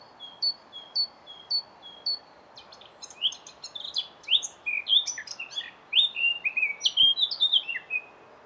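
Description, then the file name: Eurasian blackcap song: four clear repeated notes, then a fast varied warble of scratchy and fluty phrases that grows louder and richer toward the end. "Sylvia atricapilla"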